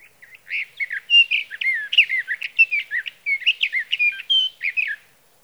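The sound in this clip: Sage thrasher singing a long warbling song of rapid varied notes, some slurred, running continuously for about five seconds.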